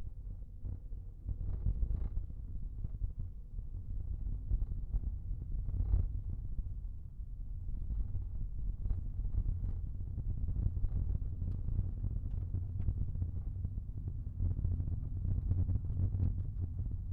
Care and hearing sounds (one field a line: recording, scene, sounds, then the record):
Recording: everyday scene through a hearing-aid microphone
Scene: in a vehicle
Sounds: engine, rumble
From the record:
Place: Skoda Fabia, gasoline engine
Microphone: behind the ear, right, rear